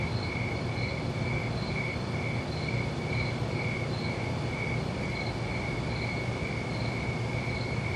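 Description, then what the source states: Rhythmic cricket chirping, brief repeated pulses at a steady pace, with continuous hiss and a deep background hum. Crickets recorded at night.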